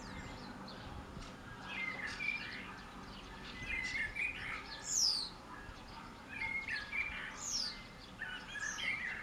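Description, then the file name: Common blackbird song: fluty warbled phrases in the middle register, several ending in a thin, high squeaky twitter, repeated several times over a soft background hiss. "Turdus merula"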